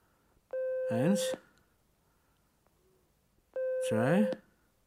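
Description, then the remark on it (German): A telephone rings twice, each ring a loud, steady, high electronic tone lasting under a second with a wavering, voice-like warble layered in. About three seconds of quiet separate the rings. “Ich weiß, dass Sie das Klingeln hören.”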